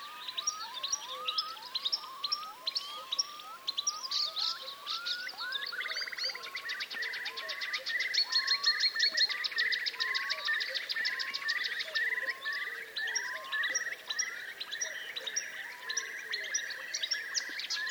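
Seasonal ambience full of birds: several species call and sing at once, with repeated rising chirps throughout, a fast trilling burst from about six to twelve seconds, and steady bright twitters layered over a soft constant hiss. The chorus stays dense without pause.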